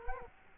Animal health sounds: mosquito wingbeat signal from an infrared sensor; Culex quinquefasciatus

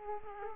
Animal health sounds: mosquito wingbeat signal from an infrared sensor; Culex quinquefasciatus

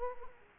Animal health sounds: mosquito wingbeat signal from an infrared sensor; Culex quinquefasciatus

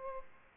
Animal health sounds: mosquito wingbeat signal from an infrared sensor; Aedes albopictus

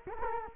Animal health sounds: mosquito wingbeat signal from an infrared sensor; Culex quinquefasciatus

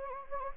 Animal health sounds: mosquito wingbeat signal from an infrared sensor; Anopheles gambiae

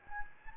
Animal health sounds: mosquito wingbeat signal from an infrared sensor; Anopheles gambiae

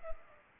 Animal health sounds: mosquito wingbeat signal from an infrared sensor; Culex pipiens

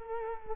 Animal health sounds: mosquito wingbeat signal from an infrared sensor; Culex quinquefasciatus

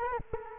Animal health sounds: mosquito wingbeat signal from an infrared sensor; Culex quinquefasciatus

